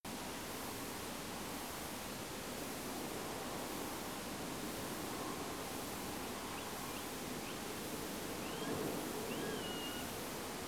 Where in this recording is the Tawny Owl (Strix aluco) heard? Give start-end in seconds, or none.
6.51-7.05, 7.45-7.57, 8.41-8.72, 9.29-10.04